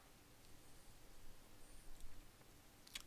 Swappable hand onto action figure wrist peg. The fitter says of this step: alright so we'll show you how easy these snap into place